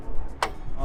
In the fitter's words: authorizing my card I heard the click